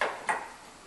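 An electrical wiring plug is pushed into the socket on the back of a new headlight assembly on a 2004 Ford Mustang. Two sharp clicks are heard at 0.0 s and 0.3 s, and the plug snaps in and is seated.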